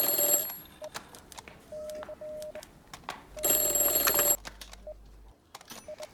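An old-style telephone rings twice in the Italcable building in Málaga, a call from the Minister of the Navy; each a loud, harsh metallic bell trill lasting about a second, separated by a quiet pause filled with faint clicks and short tones. No one speaks.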